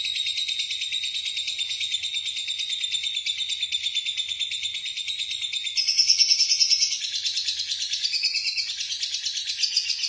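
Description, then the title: Lovebird giving a continuous rapid chatter, shrill and grating, with a brief louder burst near the middle and no pause throughout. "BM Suara Burung Lovebird"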